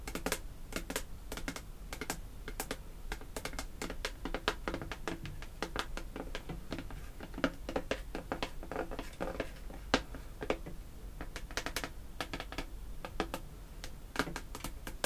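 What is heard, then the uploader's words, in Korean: Fake fingernails tap rapidly on hard objects like perfume bottles and caps, producing dense, bright clicks several times a second throughout. The tapping is crisp, with occasional louder knocks and a low steady hum underneath. 두피에 소름돋는 인조손톱 태핑 | 향수, 뚜껑 등.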